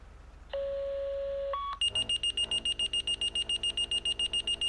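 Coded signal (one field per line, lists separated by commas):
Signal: two-tone page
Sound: one-second low tone, short higher tone, then fast high-pitched beeping about eight per second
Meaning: Alerts fire units to a call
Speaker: and it shows up in the top left corner, your timeout, and it shows you the call.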